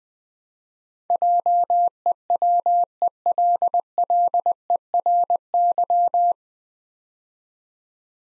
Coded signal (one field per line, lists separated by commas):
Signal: Morse code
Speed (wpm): 20 wpm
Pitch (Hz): 700 Hz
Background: none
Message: JEWELLERY